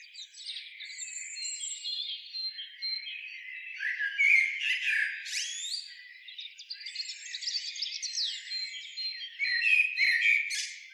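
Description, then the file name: Eurasian blackbird uttering a long, varied stream of squeaky and grating notes with occasional thin whistles, fairly steady in loudness throughout. "Turdus merula"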